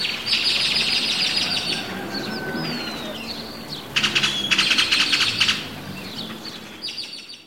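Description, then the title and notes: Great-tailed grackles in a noisy chorus of chattering, buzzy notes and a whistle, with a loud rapid rattling burst midway and more chatter after. Recorded in the morning just as the sun rises and activity begins, San Cristóbal de Las Casas, Chiapas, May 2021. "Zanates grabados por la mañana en San Cristóbal de Las Casas, Chiapas"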